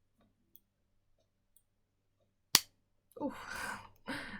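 An Omnipod insulin patch pod worn on the stomach gives a few faint soft ticks at about 0.6 and 1.6 seconds. A loud sharp snap at 2.6 seconds drives its cannula into the skin. Someone then talks, and the cannula is seated.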